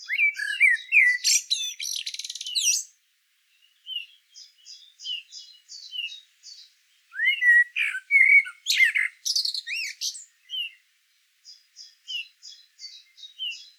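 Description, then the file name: Common blackbird song: warbled whistled phrases with harsh high twittered endings, separated by soft series of thin repeated high notes. "Turdus merula"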